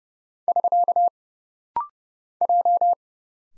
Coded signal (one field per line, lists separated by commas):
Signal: Morse code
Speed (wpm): 30 wpm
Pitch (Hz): 700 Hz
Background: none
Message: <SK> J